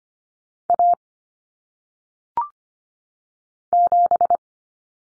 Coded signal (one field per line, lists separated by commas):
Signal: Morse code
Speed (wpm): 25 wpm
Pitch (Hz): 700 Hz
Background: none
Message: A 7